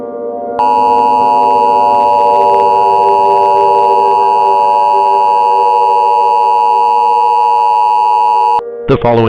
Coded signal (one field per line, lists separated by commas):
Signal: Emergency Alert System (SAME) tones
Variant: 853 and 960 Hz attention tone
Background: speech